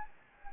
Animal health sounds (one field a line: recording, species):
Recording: mosquito wingbeat signal from an infrared sensor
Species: Anopheles gambiae